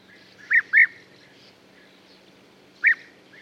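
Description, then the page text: European bee-eater uttering a pair of throaty, trilled 'prruip' calls, then a single call after a two-second pause, with a soft background hum. "Пение птиц - Золотистая щурка"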